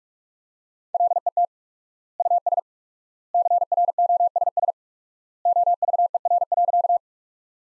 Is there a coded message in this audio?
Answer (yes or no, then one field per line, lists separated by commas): yes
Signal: Morse code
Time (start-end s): 0.9-7.0 s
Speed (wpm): 41 wpm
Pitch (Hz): 700 Hz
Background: none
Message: LET US CROSS OVER.